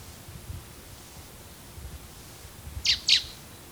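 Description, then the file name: Common blackbird call near the end: a pair of sharp, high, descending notes after several seconds of faint rustling and hiss. "Turdus merula"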